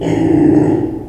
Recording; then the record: squeal of a Yucatan mini pig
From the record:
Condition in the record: before surgery on the right vocal fold (resection and tissue-engineered implant); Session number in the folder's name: 1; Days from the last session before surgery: -21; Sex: female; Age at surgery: 19 weeks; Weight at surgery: 25 kg